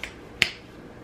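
A magnetic snap on the flap of a ZÜCA Sport rolling bag for ice skates is lined up correctly and pulls into its catch on the bag body. A faint tap at 0.0 s is followed by a sharp, loud snap at 0.4 s, and the snap seats home.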